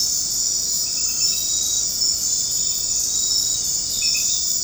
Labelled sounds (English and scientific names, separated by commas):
none